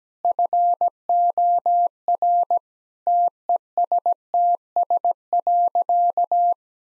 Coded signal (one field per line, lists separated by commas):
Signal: Morse code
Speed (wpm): 17 wpm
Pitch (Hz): 700 Hz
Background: none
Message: FOR TESTS.